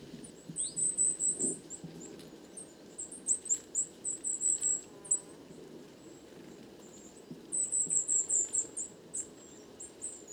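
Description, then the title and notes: Coal tits twittering in quick runs of sharp, very high notes, grouped in bursts with pauses between, over a soft low background rumble and occasional knocks. Roving flock of more than 50 birds, evening, 29 September 2019, Les Casses, Drôme; recorded in mono with a parabolic microphone, with some handling noise. "Ronde de mésange noire. 29 septembre 2019-Les Casses - Drôme"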